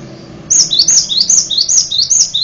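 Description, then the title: Bird song of rapid, high-pitched whistled notes, each sliding down sharply, repeated several times in quick succession over faint low background hum. "kikicau"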